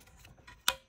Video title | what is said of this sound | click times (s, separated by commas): Grundfos Scala 2 dismantle, repair, and reassembly | until it clicks now this plug can't pull out | 0.7 s